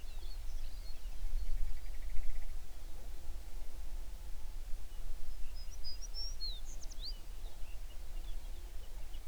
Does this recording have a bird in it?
yes